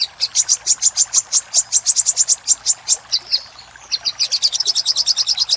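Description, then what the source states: Little spiderhunter calling with a brisk series of piercing, evenly spaced high chips, a short pause, then a faster run of similar notes. Master recording used to train cage birds; labelled Labaik.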